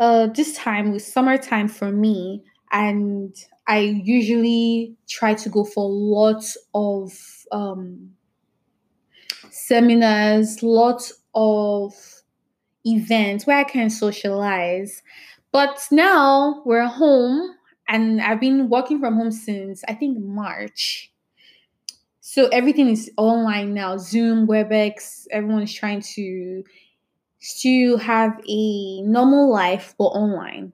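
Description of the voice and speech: Adult woman speaking with stuttering, with blocks where speech stops and frequent filler words.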